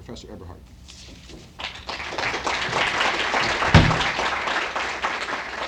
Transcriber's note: applause